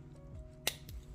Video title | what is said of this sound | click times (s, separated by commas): 🛠Multitool with Ideal Toolset (Made from 2 multitools under $50) | I'm having trouble getting out but yeah here you go so that locks into place works great | 0.7 s